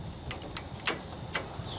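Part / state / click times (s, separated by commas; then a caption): locking bar into trailer coupler lock body / seated / 0.3 s, 0.6 s, 0.9 s, 1.4 s. A locking bar is pushed into the body of a steel Trimax trailer coupler lock while the lock is being reinstalled. Sharp ratchet clicks are heard at 0.3, 0.6, 0.9 and 1.4 seconds over a low background hum. The bar clicks into place and the lock is seated.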